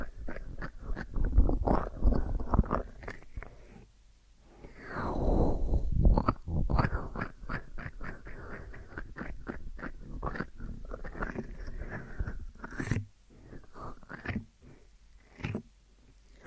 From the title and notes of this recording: ASMR Deep Ear Massage for Sleep(No Talking).